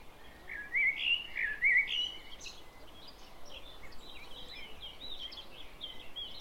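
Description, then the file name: Common blackbird song, two wavering fluty phrases early on, then many fainter chirping and warbling notes over steady background noise. "Turdus merula"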